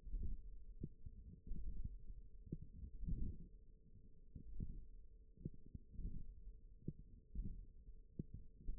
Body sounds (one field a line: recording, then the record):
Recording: forearm muscle sounds (acoustic myography)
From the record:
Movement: radial deviation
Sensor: system 1, eight BSWA MPA416 microphones around the upper forearm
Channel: 4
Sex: female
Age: 20 years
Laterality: right